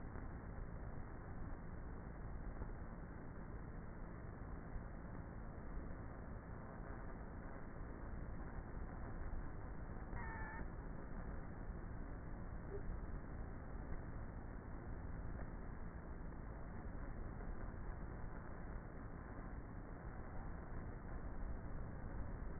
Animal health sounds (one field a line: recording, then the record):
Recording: honeybee colony, microphone inside the hive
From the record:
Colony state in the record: queenless with a low population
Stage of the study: before two queens were removed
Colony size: about 30,000 bees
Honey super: no